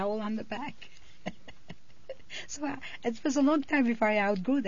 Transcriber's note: she laughs